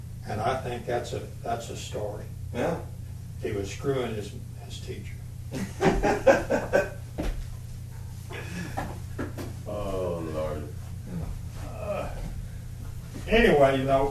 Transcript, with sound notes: And I think that’s the, that’s the story. He was screwing his, his teacher [laughter] Oh Lord! Anyway though,